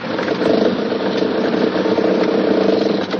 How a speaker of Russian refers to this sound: Грузовик заехал во двор домика и остановился.